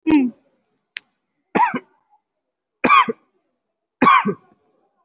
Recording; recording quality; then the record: shallow voluntary cough; excellent, no background noise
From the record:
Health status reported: COVID-19 positive, moderate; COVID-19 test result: positive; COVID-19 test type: RT-PCR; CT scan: not taken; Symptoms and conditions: fever, muscle pain, loss of smell and taste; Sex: male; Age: 28 years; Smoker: no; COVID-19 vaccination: both doses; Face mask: worn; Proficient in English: yes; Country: India